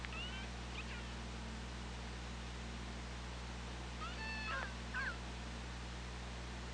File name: Orca Lab UTLN JASON 20170824 155333 ORCALABDYNI